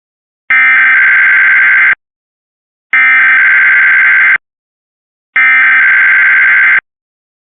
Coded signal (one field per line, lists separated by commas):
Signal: Emergency Alert System (SAME) tones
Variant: header bursts